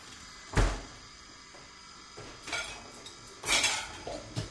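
Dishes and cutlery clatter in a few sharp, bright bursts separated by short pauses as plates and silverware are washed up, with no voices.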